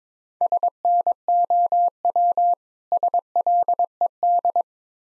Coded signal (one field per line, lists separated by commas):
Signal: Morse code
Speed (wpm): 22 wpm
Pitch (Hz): 700 Hz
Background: none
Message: SNOW SLED